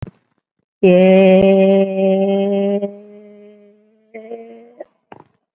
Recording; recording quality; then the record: sustained vowel as in made; excellent, no background noise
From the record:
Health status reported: COVID-19 positive, mild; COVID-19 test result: positive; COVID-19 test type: RT-PCR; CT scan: not taken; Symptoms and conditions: none ticked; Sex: female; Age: 74 years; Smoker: no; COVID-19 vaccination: both doses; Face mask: not worn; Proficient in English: no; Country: India